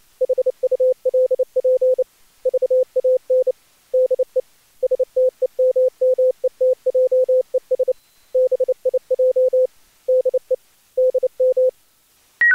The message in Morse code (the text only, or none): HULP VAN DE STEMMETJES BIJ DE DM